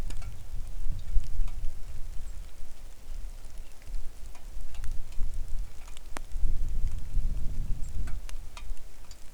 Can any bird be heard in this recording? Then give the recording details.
yes. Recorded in the Arctic National Wildlife Refuge, Alaska, on 3 August 2019 at 10:06. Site 41